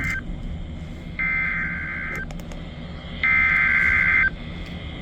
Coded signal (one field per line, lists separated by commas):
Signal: Emergency Alert System (SAME) tones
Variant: header bursts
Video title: HELLO SUMMER 2024.... EAS Alerts from 6/5-6/24 (New EAS 480-487*) (READ DESC)